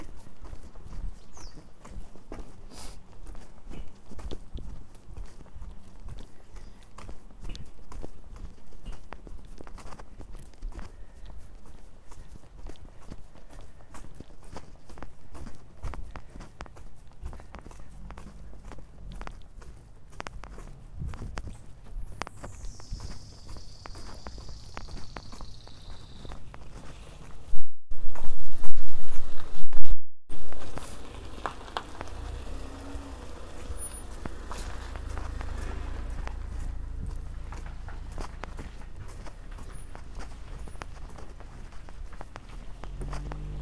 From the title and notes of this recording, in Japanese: 朝、苗ハウスまで歩いていく。鳥の囀りが聞こえる中、苗ハウスまで歩いて行きます。